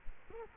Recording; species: mosquito wingbeat signal from an infrared sensor; Culex quinquefasciatus